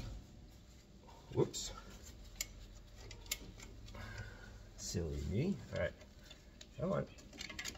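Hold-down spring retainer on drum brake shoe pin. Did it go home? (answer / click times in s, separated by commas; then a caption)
no / none. Someone pushes and twists the hold-down spring retainer onto its pin on a drum brake shoe of a 1959 GMC truck, trying to lock it in. Short metallic ticks and taps sound around 2.4 s and 3.3 s, with a few more near the end, while someone talks. Nothing has seated or locked into place yet.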